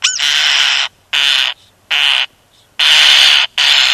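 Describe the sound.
European starling giving rasping, hissy screeches in five long bursts in quick succession.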